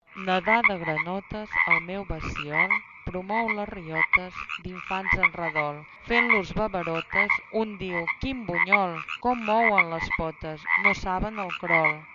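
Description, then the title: Frogs croaking, harmonic, throaty calls in short pulsed bursts, with brief gaps near three and six seconds. "Les granotes"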